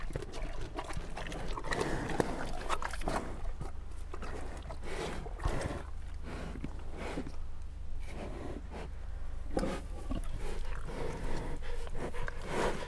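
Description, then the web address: Brown bear feeding: scattered crunches and slurping bursts, some in quick clusters, over a steady low hum. Brown bears eating at Jászberény Zoo in 2016, recorded with the microphone in front of the bear's nose. "allathangok jaszberenyizoo 2016 professzionalis barnamedve esznekabarnamedvek orrukelottamikrofon"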